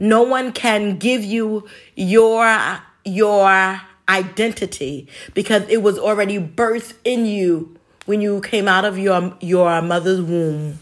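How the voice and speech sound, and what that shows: An adult woman who has stuttered since childhood speaks with mild stuttering disfluencies: a repeated, drawn-out "your" and brief pauses before words.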